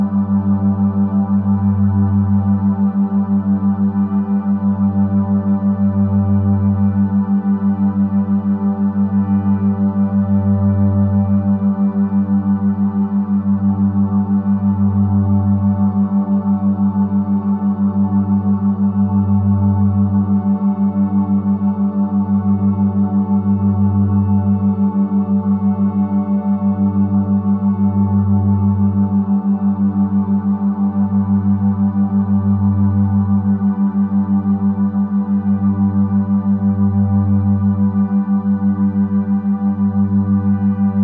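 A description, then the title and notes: A steady 196Hz tone hums without a break, paired with a deep low drone that swells and fades in a slow, regular pulse roughly every four seconds. Faint ringing overtones sit above it, giving a singing-bowl-like shimmer, and nothing else intrudes. Restful Brain Waves 11Hz + 196Hz Tones.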